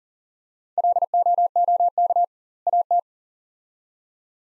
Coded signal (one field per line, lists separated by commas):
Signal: Morse code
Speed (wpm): 38 wpm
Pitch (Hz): 700 Hz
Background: none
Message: LOOK AT